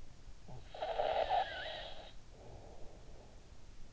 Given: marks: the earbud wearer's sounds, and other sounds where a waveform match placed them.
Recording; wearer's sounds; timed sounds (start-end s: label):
sounds in sleep by an in-ear microphone; snoring breath
0.42-3.53 s: snoring breath